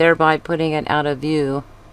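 A plastic S-clip is being worked onto a rubber band tether by feel. Someone talks throughout, and nothing has seated or clicked yet.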